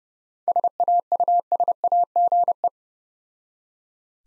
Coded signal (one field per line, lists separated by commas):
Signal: Morse code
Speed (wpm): 30 wpm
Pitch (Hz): 700 Hz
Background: none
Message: SAUSAGE